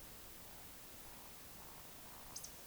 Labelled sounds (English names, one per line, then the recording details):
Eurasian Woodcock whistle
Eurasian Woodcock croak
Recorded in Baden-Württemberg, Germany, on 20 May 2021 at 19:55 UTC
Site 24606, 635 m above sea level